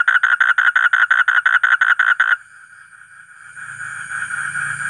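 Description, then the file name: Asian common toad calling in a fast, even series of short harsh pulses for about two seconds, then stops, leaving faint hiss and a low rumble. "suara kodok bangkong kolong kodok buduk"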